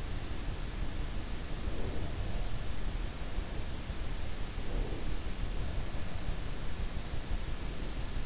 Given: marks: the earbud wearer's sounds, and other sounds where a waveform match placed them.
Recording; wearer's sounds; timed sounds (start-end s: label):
sounds in sleep by an in-ear microphone; breath
1.66-2.17 s: breath
4.70-5.08 s: breath